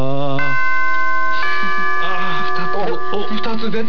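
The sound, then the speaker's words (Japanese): A bell is struck twice to score a singing performance, about a second apart, each strike leaving bright, sustained ringing tones that hang in the air; voices start talking over the fading ring. “鐘、ね、 の叩き方にちょっとおまけしてる感が鐘の響きにあります。”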